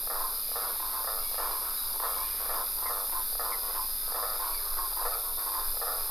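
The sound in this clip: Frogs calling in rapid, pulsed bursts of short rasping croaks, over a steady background hiss and hum.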